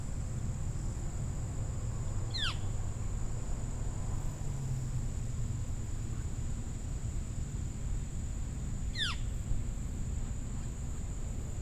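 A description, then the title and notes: At a wildlife refuge along a river, a steady low rumble and a thin constant high whine fill the background. Two short, bright bird calls with quick sweeping notes stand out, one near the start and another about two-thirds through. Gibraltar Bay Unit: Detroit River International Wildlife Refuge. Marsh and upland refuge on the site of a former Navy seaplane base and former NIKE missile base.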